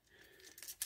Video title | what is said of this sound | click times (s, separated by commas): MOTU CLUB GRAYSKULL,HORDAK,TUNG LASHOR ,SHADOW WEAVER &VINTAGE MEGA BLASTER. | think, snaps right in there like so, and then he grabs that in his hand, | 0.8 s